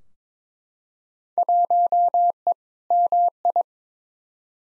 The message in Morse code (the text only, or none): 1E MI